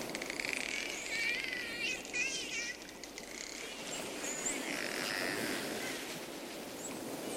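Dolphins chattering: several wavering, looping whistles overlap with buzzy pulsed calls and scattered clicks, against a steady background hiss.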